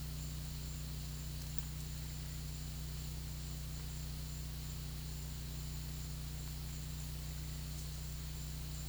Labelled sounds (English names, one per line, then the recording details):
none
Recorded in pastures near Puerto Asís, Putumayo, Colombia, on 19 March 2025 at 13:00
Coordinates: 0.505, -76.324
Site GP08